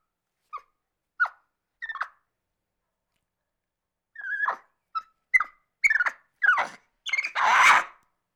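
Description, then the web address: Capuchin monkey: a few scattered squeaks, a pause, then quicker, shriller sliding squeals ending in a long harsh scream. Angry calling. "monkey capuchin mad"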